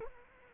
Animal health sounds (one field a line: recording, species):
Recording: mosquito wingbeat signal from an infrared sensor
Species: Culex quinquefasciatus